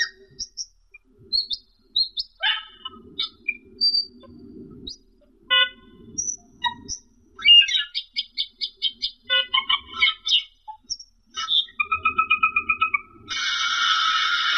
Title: Suara Burung Cucak keling